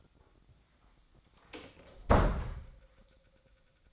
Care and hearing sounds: daily activity, microphone in the room; close door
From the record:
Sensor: 3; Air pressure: 1009.2 hPa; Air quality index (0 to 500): 202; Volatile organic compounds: 4 ppm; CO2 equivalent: 1622 ppm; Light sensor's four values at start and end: 46/121/52/52 and 46/121/52/53

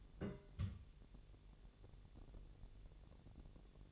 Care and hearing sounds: daily activity, microphone in the room; place on stove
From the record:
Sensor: 4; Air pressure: 1002.8 hPa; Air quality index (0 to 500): 240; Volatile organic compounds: 10 ppm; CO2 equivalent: 2252 ppm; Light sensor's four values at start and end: 7/16/6/7 and 7/16/6/7

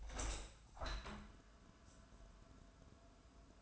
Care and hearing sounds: daily activity, microphone in the room; open window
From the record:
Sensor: 2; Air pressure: 1000.4 hPa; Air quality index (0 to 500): 163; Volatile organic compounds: 3 ppm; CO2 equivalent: 1349 ppm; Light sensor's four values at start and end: 11/30/11/13 and 11/31/12/14

